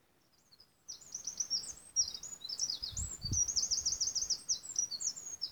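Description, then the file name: Eurasian wren song: a loud, very high, rapid outpouring of trills and twittering notes that starts after a second of quiet and runs to the end, with a brief low rumble midway. "Troglodytes troglodytes"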